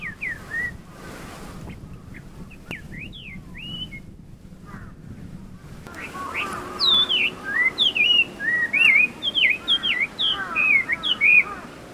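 Chinese hwamei song: quiet start with a few faint notes, then a loud rush of rich, varied whistled phrases, swooping up and down in quick succession.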